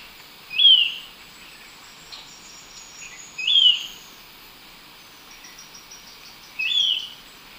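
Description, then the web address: Golden-faced Tyrannulet: single high note repeated three times about three seconds apart over steady insect hiss. Ecuador; possible unnamed taxon. "Birds of Ecuador Golden-faced Tyrannulet (possible unnamed taxon)"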